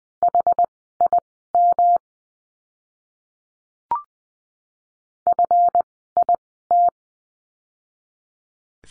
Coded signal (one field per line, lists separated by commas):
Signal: Morse code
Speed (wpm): 20 wpm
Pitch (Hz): 700 Hz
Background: none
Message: HIM FIT